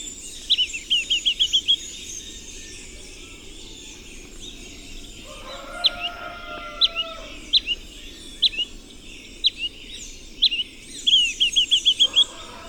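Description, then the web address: Red-billed tyrannulet opening and closing with quick high trilled series, single sharp notes between, while a lower whistling bird joins briefly amid a steady high drone. Recorded in Ecuador. "Birds of Ecuador Red-Billed Tyrannulet"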